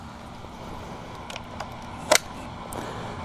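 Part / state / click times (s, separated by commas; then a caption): folding stem latch on electric scooter deck / released / 2.1 s. A foot presses the metal folding stem latch on the deck of a 2020 E-TWOW GT electric scooter, unlocking the stem. A few faint ticks come first over a steady background hum, then the latch pops open with a loud, sharp snap at 2.2 s. The latch comes out easily and the stem is released.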